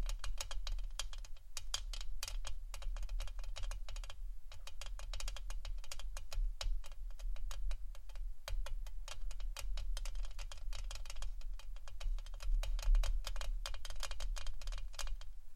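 Rapid fingertip tapping on a camera: a dense, uneven stream of crisp little clicks with only brief pauses, one around the four-second mark. A steady low hum sits underneath throughout.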